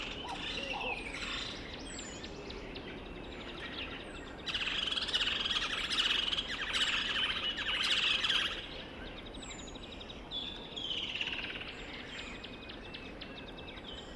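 Birdsong fills the air around a dry stretch of the Limpopo River early in the rainy season, with a dense tangle of high chirps and trills. A louder, busier burst of calls runs from about four to eight seconds, then eases back. A steady low hiss underlies everything.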